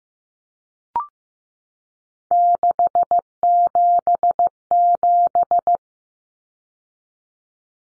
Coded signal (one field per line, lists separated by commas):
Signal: Morse code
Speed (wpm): 15 wpm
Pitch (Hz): 700 Hz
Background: none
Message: 677